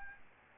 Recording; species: mosquito wingbeat signal from an infrared sensor; Aedes albopictus